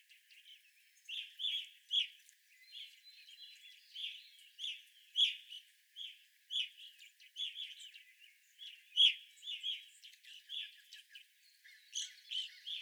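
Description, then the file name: Evening grosbeak calls, a steady stream of clear chirps from several birds, overlapping throughout. Evening grosbeaks recorded on 25 April 2021. "2021-04-25 Evening Grosbeaks"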